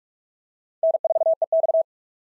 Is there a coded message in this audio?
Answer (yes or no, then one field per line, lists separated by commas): yes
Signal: Morse code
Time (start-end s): 0.8-1.8 s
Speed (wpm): 44 wpm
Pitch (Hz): 650 Hz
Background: none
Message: N4EX